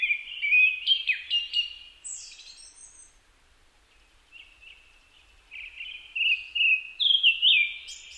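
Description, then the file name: Japanese thrush: quick whistled phrases, a thin high note, then a quieter stretch of about two seconds before louder fluty phrases return. Recorded on 4 May 2010 at 18:30. "kurotugumi-20100504-1830"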